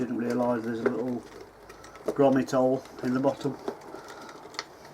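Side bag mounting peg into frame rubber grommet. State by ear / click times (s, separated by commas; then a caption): seated / 4.6 s. Someone talks while fitting a leather side panel bag in place of the side panel on a Royal Enfield Interceptor motorcycle, pushing the bag's lower mounting peg into the frame's rubber grommet hole. A single sharp hit is heard at 4.6 seconds as the peg pops into the grommet and seats, locking the bag into place.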